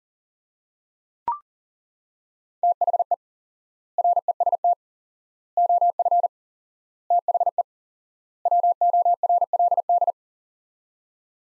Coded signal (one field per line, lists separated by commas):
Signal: Morse code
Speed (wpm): 40 wpm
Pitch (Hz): 700 Hz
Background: none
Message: THE REST OF THE WORLD